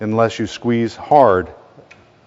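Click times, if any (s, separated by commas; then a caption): 1.9 s. Someone talks while squeezing the plastic locking lever on the sliding jaw of a new Rockler All-In-One Low-Profile Contractor Clamp, a straight-edge clamp guide, hard against the jaw; it is tight because a molded edge has not yet worn in. A short, sharp snap at 1.9 s marks the lock seating into place.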